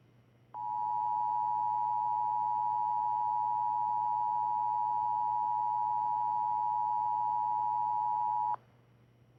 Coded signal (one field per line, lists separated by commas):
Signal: Emergency Alert System (SAME) tones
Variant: 853 and 960 Hz attention tone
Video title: (OLD) Fires From Heaven 2: John's Comet (EAS Valentine's Day Special)